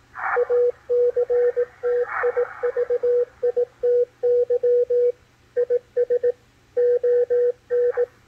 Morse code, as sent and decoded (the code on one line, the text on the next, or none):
.- -.-. - .. ...- .. - -.-- / .. ... / --- -.
ACTIVITY IS ON